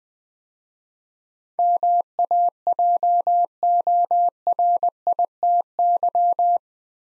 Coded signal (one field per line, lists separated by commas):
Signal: Morse code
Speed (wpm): 20 wpm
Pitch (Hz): 700 Hz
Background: none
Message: MAJORITY